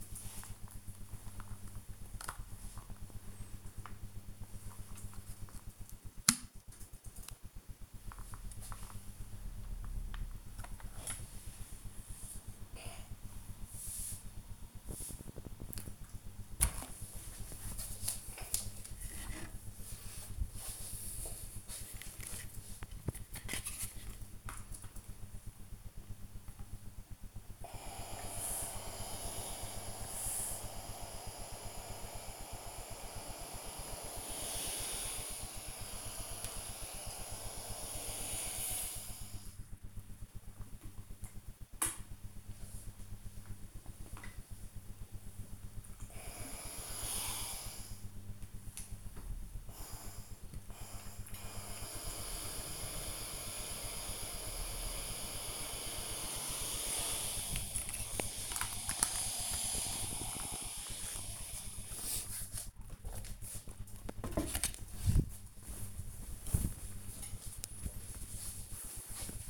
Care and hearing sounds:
household activities, microphone on the right wrist
21.32-60.57 s: refill

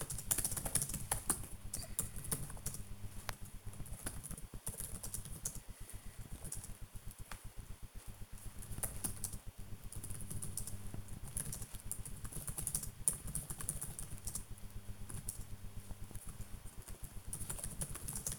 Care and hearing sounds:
household activities, microphone on the right wrist
0.00-18.39 s: working on the computer

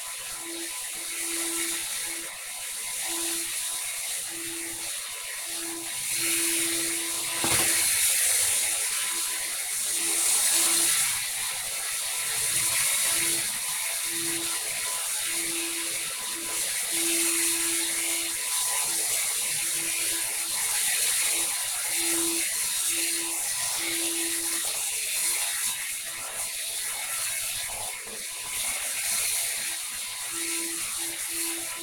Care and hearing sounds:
household activities, microphone on the right wrist
0.00-31.83 s: vacuum cleaning

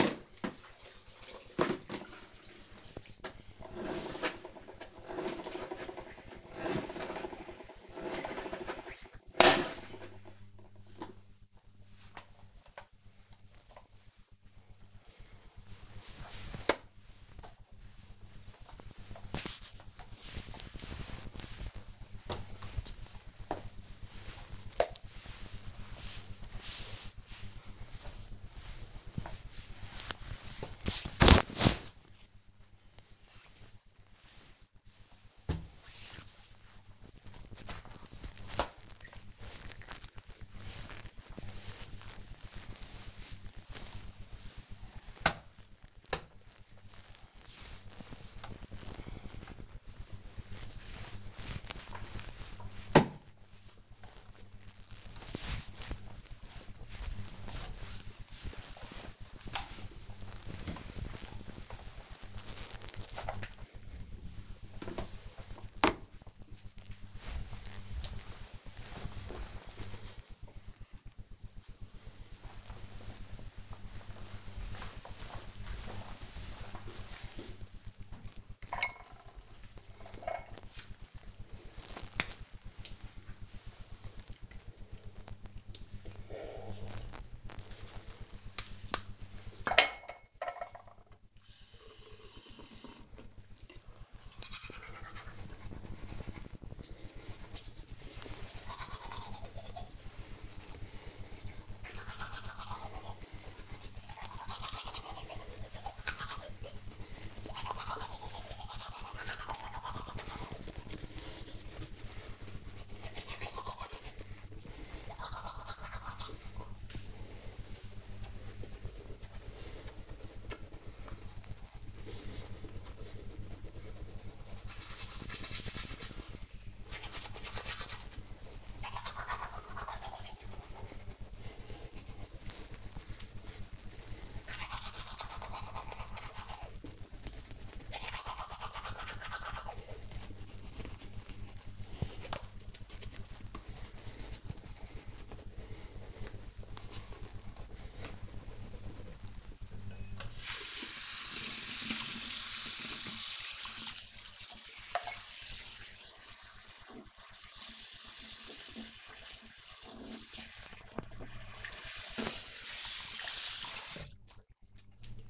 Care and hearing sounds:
household activities, microphone on the right wrist
0.00-62.89 s: floor cleaning
78.01-164.56 s: brushing teeth

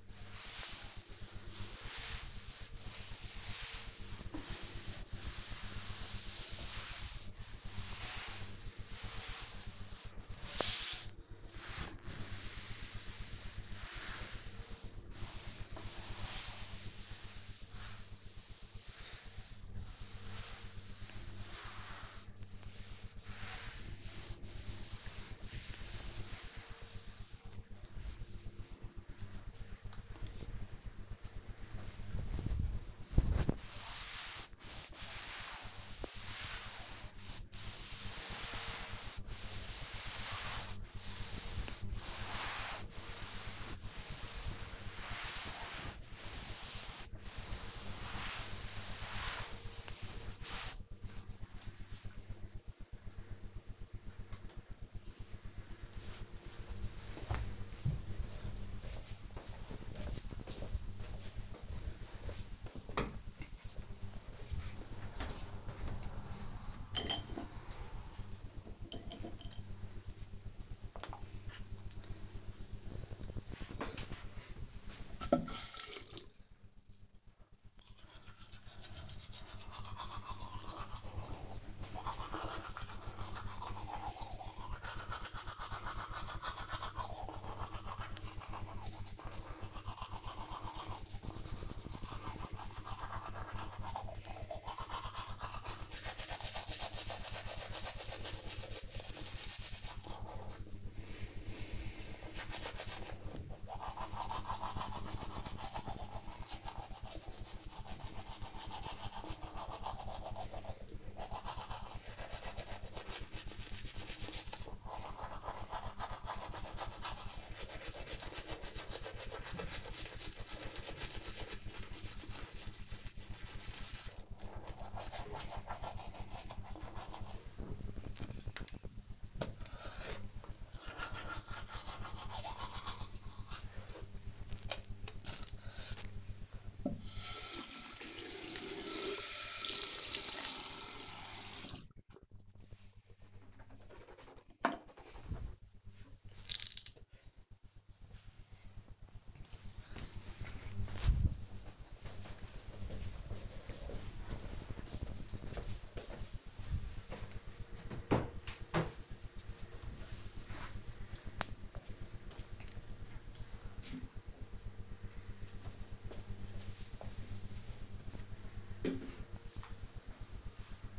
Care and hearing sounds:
household activities, microphone on the right wrist
0.00-52.76 s: cleaning table
66.85-145.29 s: brushing teeth

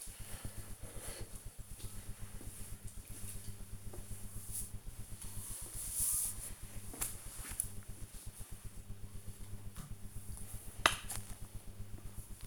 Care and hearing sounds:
household activities, microphone on the right wrist
8.80-12.47 s: cream hands

